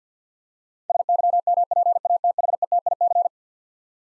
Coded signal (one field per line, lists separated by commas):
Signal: Morse code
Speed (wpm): 45 wpm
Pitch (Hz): 700 Hz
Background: none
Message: SYMPATHETIC